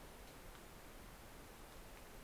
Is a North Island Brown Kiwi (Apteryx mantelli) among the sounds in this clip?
no